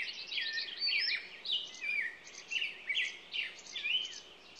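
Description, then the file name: Songbird song: warbled, wavering whistles in short phrases roughly once a second, over a faint steady hiss. Morning songbird chorus, presented as nature ambiance. "Echoes Of Nature-Morning Songbirds"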